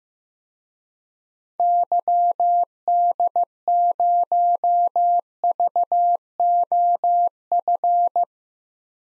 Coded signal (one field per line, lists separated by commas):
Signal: Morse code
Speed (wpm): 15 wpm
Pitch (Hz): 700 Hz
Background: none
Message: YD0VOF